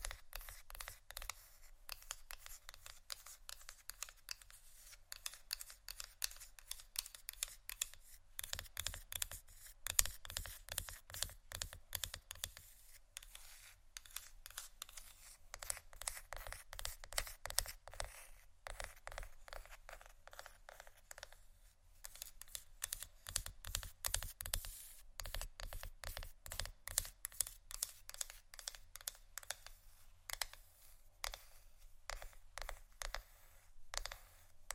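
Scratchy tapping runs through the whole recording as a dense stream of quick, dry clicks and scrapes, rather like fast typing. The taps are bright and crisp with little low end, and the pace holds steady, thinning briefly around twenty-two seconds before picking back up.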